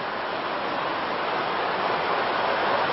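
Steady, even rain falling during a Buddhist dharma talk, with a dense hiss that holds constant throughout, swelling slightly louder toward the end, with no voices or distinct drops standing out.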